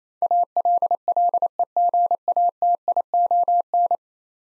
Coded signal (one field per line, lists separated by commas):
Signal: Morse code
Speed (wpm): 28 wpm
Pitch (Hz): 700 Hz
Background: none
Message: ALLEGATION